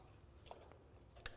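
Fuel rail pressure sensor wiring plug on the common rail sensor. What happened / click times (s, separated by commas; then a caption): The connector release clip clicked open / 1.3 s. The release clip on the fuel rail pressure sensor wiring plug on the common-rail sensor of a 2.0 TDI Skoda VRS 184PS is pressed in to unlatch it, while a DTUK CRDT+ is being installed. Faint ticks come around 0.5 s, then a sharp, loud click at 1.3 s as the clip unlatches and releases the plug.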